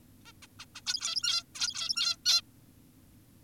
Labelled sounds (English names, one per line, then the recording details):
Zebra Finch
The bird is an adult
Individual g17y2U